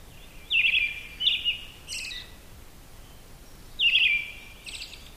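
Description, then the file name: Brown-headed thrush song: two short phrases of clear whistled notes near mid-high pitch, each followed by a higher thin trill, with steady faint background hiss. "akahara"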